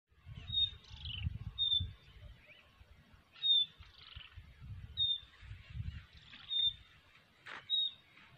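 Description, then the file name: Common nightingale giving a high, thin whistled note repeated several times, with a few short lower notes between, over low rumbling background noise. "Luscinia megarhynchos"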